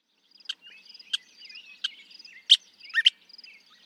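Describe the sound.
Northern mockingbird song of several sharp, harsh notes scattered throughout, over a continuous high pulsing insect background.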